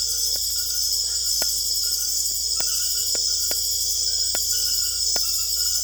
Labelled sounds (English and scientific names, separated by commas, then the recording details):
none
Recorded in secondary vegetation near Puerto Asís, Putumayo, Colombia, on 21 December 2024 at 20:30
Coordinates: 0.488, -76.319
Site GP04